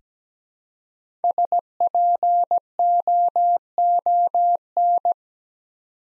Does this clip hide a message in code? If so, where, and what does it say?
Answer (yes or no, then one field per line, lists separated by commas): yes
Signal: Morse code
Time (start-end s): 1.2-5.1 s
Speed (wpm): 17 wpm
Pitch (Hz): 700 Hz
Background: none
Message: SPOON